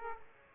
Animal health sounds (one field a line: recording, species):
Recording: mosquito wingbeat signal from an infrared sensor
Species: Aedes aegypti